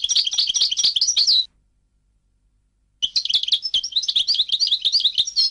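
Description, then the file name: European goldfinch singing fast, liquid twittering phrases that break off, then return after a short silence. "audio burung goldfinch"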